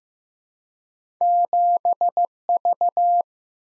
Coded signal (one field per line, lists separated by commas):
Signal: Morse code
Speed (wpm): 15 wpm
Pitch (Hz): 700 Hz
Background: none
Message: 7V